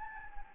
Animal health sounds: mosquito wingbeat signal from an infrared sensor; Anopheles gambiae

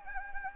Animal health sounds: mosquito wingbeat signal from an infrared sensor; Anopheles gambiae

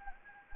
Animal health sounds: mosquito wingbeat signal from an infrared sensor; Anopheles gambiae

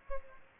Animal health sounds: mosquito wingbeat signal from an infrared sensor; Aedes aegypti

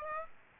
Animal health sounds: mosquito wingbeat signal from an infrared sensor; Aedes aegypti

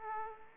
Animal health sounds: mosquito wingbeat signal from an infrared sensor; Aedes aegypti

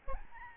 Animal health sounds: mosquito wingbeat signal from an infrared sensor; Aedes albopictus

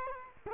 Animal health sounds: mosquito wingbeat signal from an infrared sensor; Culex quinquefasciatus

